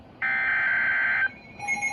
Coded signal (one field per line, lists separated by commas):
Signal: Emergency Alert System (SAME) tones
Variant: header bursts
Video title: Two Severe Thunderstorm Warnings (EAS #526 & 527) Double Header